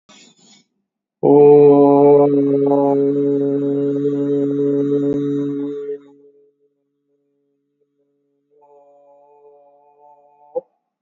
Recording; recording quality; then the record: sustained vowel as in boot; excellent, no background noise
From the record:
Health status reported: COVID-19 positive, mild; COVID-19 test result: positive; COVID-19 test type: RT-PCR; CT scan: taken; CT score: 3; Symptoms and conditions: cold, fatigue, loss of smell and taste, hypertension, diabetes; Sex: male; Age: 76 years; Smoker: no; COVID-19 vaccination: both doses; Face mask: worn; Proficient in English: yes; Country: India